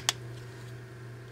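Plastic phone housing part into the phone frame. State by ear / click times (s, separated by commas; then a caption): not seated / none. A plastic housing part of a Sony Ericsson W580i mobile phone is handled against the phone frame during reassembly after an LCD screen replacement. A single brief, sharp tick comes at 0.1 s over a steady low hum. Nothing has seated or clicked into place yet.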